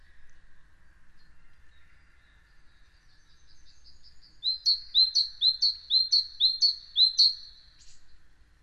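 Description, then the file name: Great tit song: a faint, thin sound at first, then a run of about seven sharp, high two-part notes repeated evenly, roughly twice a second. "Parus major"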